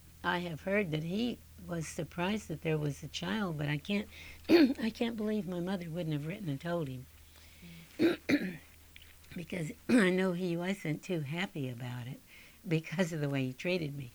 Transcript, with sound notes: I have heard that he was surprised that there was a child, but I cant', I can't believe my mother wouldn't have written and told him. (she clears her throat) Because I know he wasn't too happy about it, because of the way he treated me.